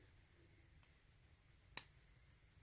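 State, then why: Seated. A tactile push switch is pressed into the circuit board of a calculator kit with resistor, LED and HEX functions, and it seats with one sharp, bright click at 1.8 seconds. Apart from that click, only a low, quiet background hum is heard, and the switch is seated.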